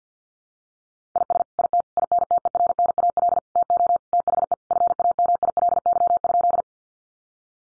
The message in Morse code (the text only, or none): IS IT INTERNAL TO THE FAMILY?